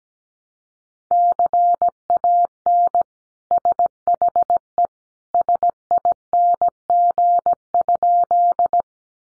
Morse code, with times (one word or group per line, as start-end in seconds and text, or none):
1.1-3.0 CAN
3.5-4.9 SHE
5.3-8.8 SING?